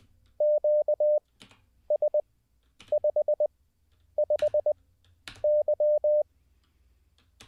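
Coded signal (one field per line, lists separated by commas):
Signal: Morse code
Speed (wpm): 20 wpm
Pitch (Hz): 600 Hz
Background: none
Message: QS55Y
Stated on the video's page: Morse code learning practice, streamed live as a daily session.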